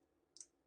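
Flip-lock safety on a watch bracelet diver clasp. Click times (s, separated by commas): 0.4 s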